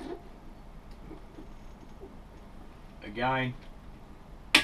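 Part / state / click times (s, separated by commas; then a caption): scope rail screw into rifle receiver, driven with a torque driver / torque reached / 4.6 s. A scope rail screw is tightened into a rifle receiver with a torque driver until the clutch clicks at its set torque. Someone talks briefly around 3.2 seconds over a quiet background, then the torque driver gives a sharp, short click at 4.6 seconds, showing the screw has reached its set torque.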